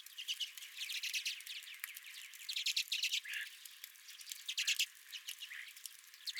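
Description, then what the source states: Redpolls calling: many scattered high chirps and short trills. Redpolls at the recordist's feeder.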